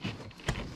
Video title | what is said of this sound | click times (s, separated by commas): 2001 Ford F150 Accumulator Dryer Install | She clicked in place. She actually, I don't know if you guys heard it, but we heard it click. | 0.5 s